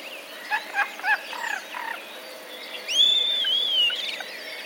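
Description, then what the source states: Common starling song: a few short chirps and chattering notes, then a long wavering whistle held for about a second. Starlings mimicking sparrow-like sounds, 10 April 2023.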